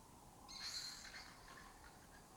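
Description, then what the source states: Lesser kestrel giving a single harsh, rasping call. Colony occupying an abandoned building in Doñana; migratory raptor that forages in West Africa and breeds in southern Europe.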